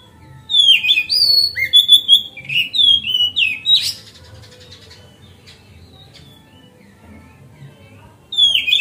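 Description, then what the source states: Oriental magpie-robin song: a lively string of varied whistles and buzzy notes for about four seconds, a long quiet spell, then another phrase begins. Kacer song used as masteran (tutoring other birds), on a terrace.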